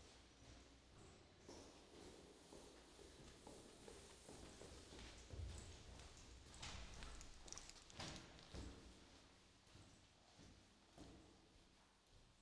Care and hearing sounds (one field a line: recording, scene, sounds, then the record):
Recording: everyday scene through a hearing-aid microphone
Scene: reverberant space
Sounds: background noise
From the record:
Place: staircase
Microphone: in the ear canal, left